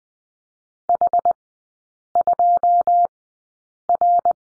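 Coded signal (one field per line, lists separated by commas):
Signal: Morse code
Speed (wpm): 20 wpm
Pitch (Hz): 700 Hz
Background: none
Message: H2R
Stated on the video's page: Morse code course lesson on the letter C in three-character groups, sent at Farnsworth speed 20/10 wpm.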